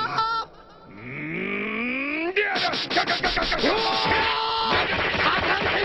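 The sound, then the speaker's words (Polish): A rapid flurry of sharp, cartoonish punch and kick impacts as Hercules attacks Komórczak in Dragon Ball Kai, about a dozen loud thwacks in quick succession, following a rising whooping tone and mixed with strained, bleating cries. “Herkules nie poprzestaje na jednym ataku. To cały grad ciosów.”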